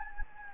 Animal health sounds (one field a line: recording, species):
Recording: mosquito wingbeat signal from an infrared sensor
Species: Anopheles gambiae